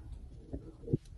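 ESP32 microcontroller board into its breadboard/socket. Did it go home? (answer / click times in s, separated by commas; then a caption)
no / none. An ESP32 microcontroller board is handled and pushed toward its breadboard or socket, with low rumbling handling noise, a soft thump near 0.5 s and a louder, brief thump around 0.9 s. The clip ends before the board goes home, so nothing has seated or clicked yet.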